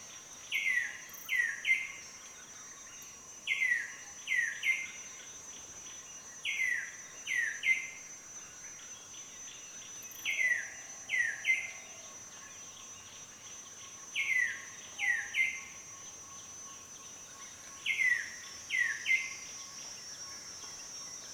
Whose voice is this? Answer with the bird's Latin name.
Chrysococcyx cupreus